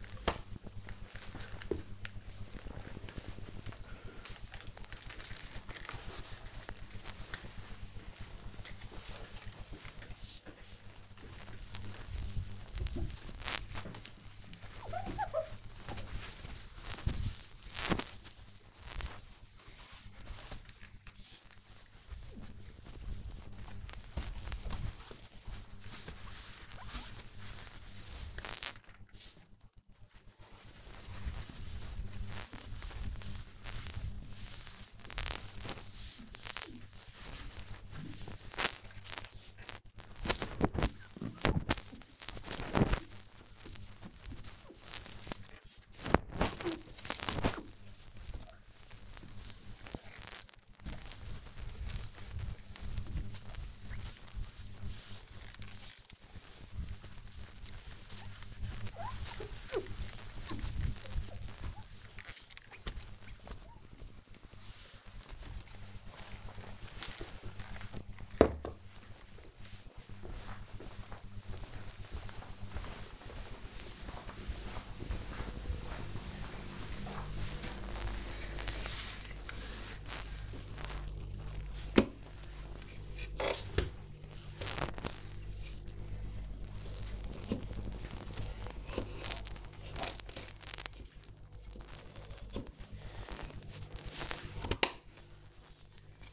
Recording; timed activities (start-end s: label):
household activities, microphone on the right wrist
0.00-65.01 s: window cleaning
79.13-96.33 s: cutting vegetables